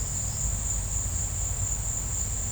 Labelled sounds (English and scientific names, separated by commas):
none